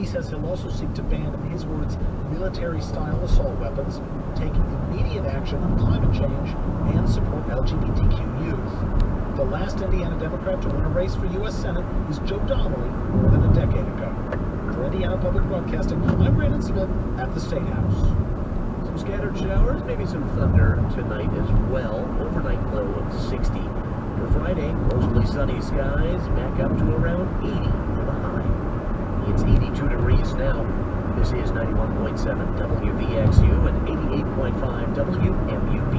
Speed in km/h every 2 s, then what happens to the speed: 42, 52, 60, 66, 71, 72, 72, 68, 60, 58, 68, 72, 76, 79, 79, 79, 81, 81.
0-9 speeds up to 72. 13-16 brakes to 60. 19-26 speeds up to 79. 26-36 steady at about 79.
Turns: none.